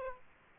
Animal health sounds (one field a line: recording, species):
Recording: mosquito wingbeat signal from an infrared sensor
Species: Aedes aegypti